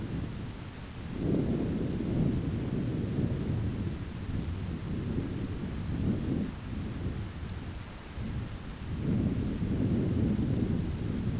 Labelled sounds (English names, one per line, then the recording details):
none
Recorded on Arctic tundra, site ZACK-1, on 15 June 2019
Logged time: 19:49